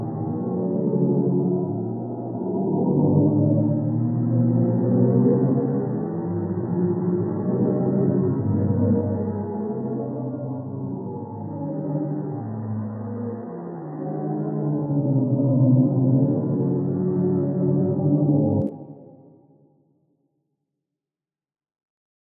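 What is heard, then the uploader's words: A deep hum, the sonified sound of a black hole in a galaxy cluster, with layered low tones that slowly swell and bend in pitch like a gong's resonance. It stays dense and continuous, then cuts off near nineteen seconds, fading out over the last few seconds. Astronomical data from the supermassive black hole at the center of the Perseus galaxy cluster has been translated into sounds we can hear. Artist: Chandra X-ray Observatory. Black Hole 'Sound' in the Perseus Galaxy Cluster.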